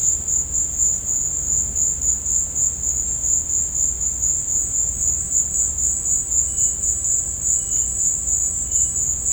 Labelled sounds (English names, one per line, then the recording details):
none
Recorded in dense forest near Puerto Asís, Putumayo, Colombia, on 26 December 2024 at 17:00
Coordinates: 0.481, -76.323
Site G100